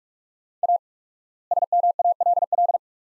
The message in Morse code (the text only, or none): A SMALL